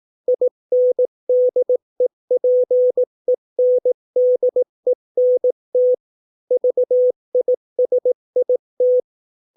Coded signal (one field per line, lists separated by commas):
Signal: Morse code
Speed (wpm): 18 wpm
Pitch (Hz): 500 Hz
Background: none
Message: INDEPENDENT VISIT